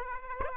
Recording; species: mosquito wingbeat signal from an infrared sensor; Aedes aegypti